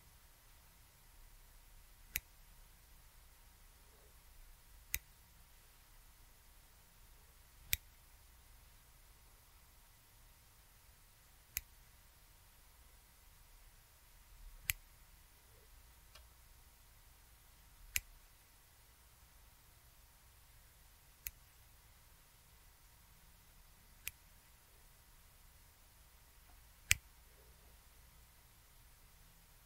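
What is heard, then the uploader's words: Scissors close in single sharp, bright snips, about one every three seconds across the whole stretch, each crisp and very brief. Between cuts there is only a faint, steady hiss and a low rumble, with an occasional soft rustle. HAND MOVEMENTS, SCISSORS. ASMR NO TALKING.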